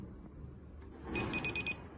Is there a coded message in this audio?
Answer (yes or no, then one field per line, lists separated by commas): no